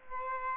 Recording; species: mosquito wingbeat signal from an infrared sensor; Aedes aegypti